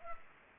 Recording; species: mosquito wingbeat signal from an infrared sensor; Culex pipiens